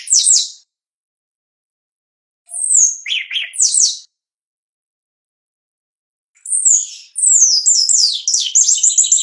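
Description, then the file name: Shiny cowbird song in three bursts separated by silence: high descending whistled slurs with lower gurgling notes, ending in a longer run of rapid, thin, falling whistles. "canto do chupim"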